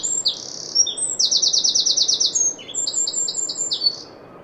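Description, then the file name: Eurasian wren singing a fast, high-pitched song of sharp notes and rapid trills. "Troglodytes troglodytes"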